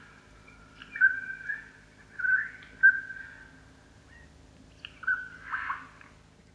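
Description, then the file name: Eurasian jay giving a few clear whistled notes, then after a pause a whistle followed by a short harsh rasping burst near the end. "Garrulus glandarius"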